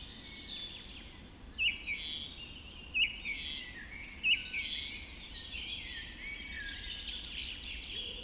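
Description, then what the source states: Birds in chorus at dawn, with three emphatic whistled notes spaced a second or so apart standing out above continuous warbling and chirping. Dawn chorus recorded just after dawn in the Forest of Dean.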